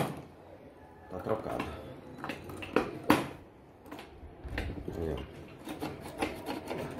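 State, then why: Not seated. After swapping the lock cylinder on a plastic GIVI motorcycle top case so it can use the same key, someone handles the key and latch to lock the case while someone talks. Sharp plastic clicks and knocks are heard, loudest around 2.8 s and 3.1 s. Nothing has latched or seated yet.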